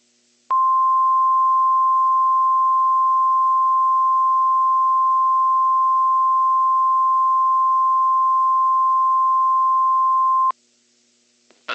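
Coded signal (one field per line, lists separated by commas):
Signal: Emergency Alert System (SAME) tones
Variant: 1050 Hz attention tone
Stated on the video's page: Fictional EAS scenario recreation with valid EAS tones, styled after older NOAA Weather Radio CRS broadcasts with text-to-speech voices.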